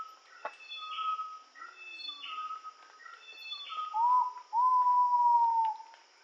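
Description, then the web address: Ivory-breasted pitta giving a two-note whistle, a short note and then a long, level, hollow note, after scattered calls from other birds, over a steady insect drone. Indonesia. "ULM-DS-Lab indonesian-bird-sounds. Pitta maxima"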